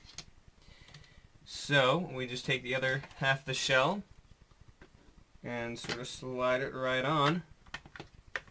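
The other plastic shell half of a Nerf Sharpshot toy foam-dart blaster is slid onto the assembled half while someone talks. Light handling taps are heard, with the sharpest plastic hits near the end around 7.7 to 8.4 seconds. The shell half has not seated or snapped closed yet.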